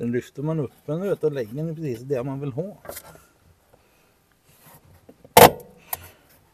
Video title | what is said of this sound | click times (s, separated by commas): Fräschar upp Brukisen Amazon 70 | jag klickar fast fint. | 5.4 s